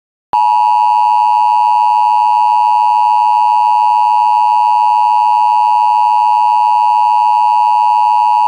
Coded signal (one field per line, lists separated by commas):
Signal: Emergency Alert System (SAME) tones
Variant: 853 and 960 Hz attention tone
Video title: EAS Mock: Pinal, AZ Severe Thunderstorm